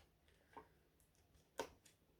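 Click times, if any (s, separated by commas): 1.6 s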